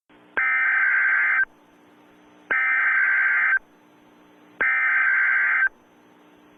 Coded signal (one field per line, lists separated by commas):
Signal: Emergency Alert System (SAME) tones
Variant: header bursts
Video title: Retro Halloween Emergency Alert Event